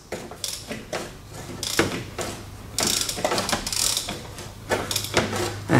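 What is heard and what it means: A new timing chain tensioner sits in the timing cover of a Toyota 1ZZ engine, and the engine is turned clockwise by hand so the tensioner's holding hook lets go and the plunger extends. Sharp ratchet clicks sound at 0.4, 1.8, 2.8, 4.9 and 5.2 seconds over a low mechanical rumble. The hook has released, and the clicking then stops.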